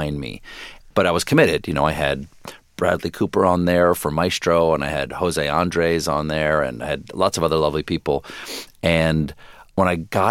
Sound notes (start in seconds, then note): none